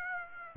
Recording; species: mosquito wingbeat signal from an infrared sensor; Aedes aegypti